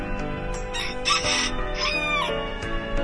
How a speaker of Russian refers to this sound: Только что она стала подходить к дому, как петух, которого она всегда кормила, увидел ее, обрадовался, взлетел на забор и закричал: «Кукареку, кукареки!